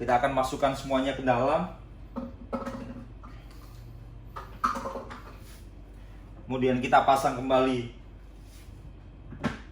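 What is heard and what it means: Someone talks while the cover is fitted back onto the tumbling tube of a cap tester machine for testing Aqua 5-gallon caps, with faint handling knocks between the speech. The cover is placed back but not yet latched, and nothing has clicked or locked yet.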